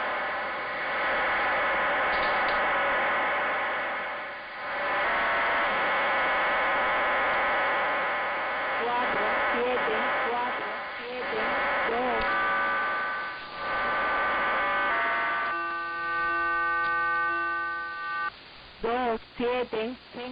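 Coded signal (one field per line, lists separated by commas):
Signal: numbers station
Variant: HM01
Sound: dense buzzing hiss of a digital data burst, then steady tones and short warbles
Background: radio static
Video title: 07 01 2022 Cuban Spy Number HM01 in Spanish 0602 on 10345 Bejucal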